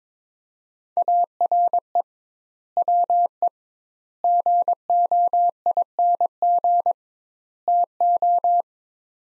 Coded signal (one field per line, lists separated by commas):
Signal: Morse code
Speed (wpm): 22 wpm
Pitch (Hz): 700 Hz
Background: none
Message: ARE WE GOING TO